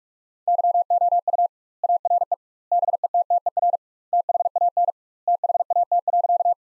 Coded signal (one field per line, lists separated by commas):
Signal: Morse code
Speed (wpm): 46 wpm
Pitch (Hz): 700 Hz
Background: none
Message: YOU ARE BETTER THAN THAT.